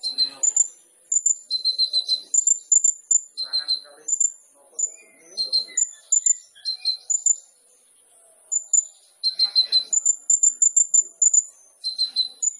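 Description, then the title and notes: Sunbird song: sharp high whistled notes delivered in quick runs at two alternating pitches, with brief gaps between phrases. Indonesian masteran training recording for songbirds; described as full of varied notes (isian) and bursts (tembakan), suited as a lure (pancingan); bird described as gacor (singing vigorously). "MASTERAN KOLIBRI NINJA TERBAIK FULL ISIAN DAN TEMBAKAN MEWAH COCOK BUAT PANCINGAN. Suara Burung Kolibri Ninja Gacor"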